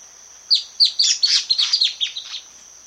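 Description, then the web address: Long-tailed antbird singing a rapid run of many high, harsh downslurred notes, with a steady high-pitched tone in the background. South America. "Natures Songs S America Long-Tailed Antbird"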